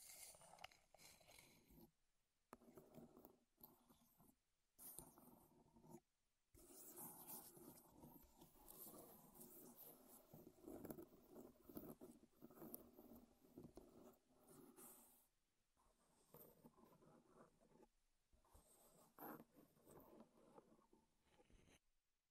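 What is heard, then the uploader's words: Close, dry tapping, scratching and rubbing on wood fill the recording, with dense clusters of clicks and scrapes. Brief near-silent pauses break the activity around 2, 5, 6 and 15 to 17 seconds. The sounds are bright and crisp, with a steady low rustle beneath. ASMR Wood Triggers in Your Ears (No Talking).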